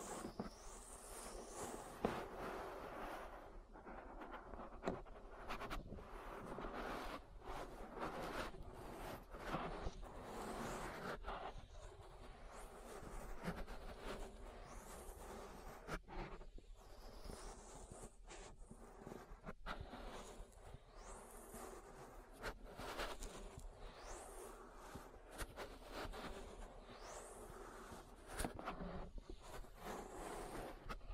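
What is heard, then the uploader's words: An ear massage: continuous rubbing and scraping against the microphone, dense and rustling, with frequent short strokes and scratchy bursts arriving every second or so. A steady low hum runs underneath throughout, and the loudness stays fairly even across the whole stretch. ASMR Relaxing Ear Massage. (No Talking).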